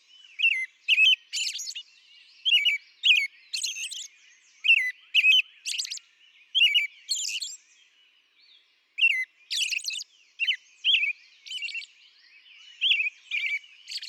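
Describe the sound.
American robin caroling, rapid sequence of rising and falling whistled phrases with high squeaky elements, a short silence partway through.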